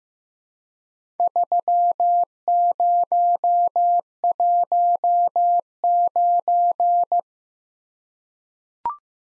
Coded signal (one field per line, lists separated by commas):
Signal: Morse code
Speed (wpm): 15 wpm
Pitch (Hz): 700 Hz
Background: none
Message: 3019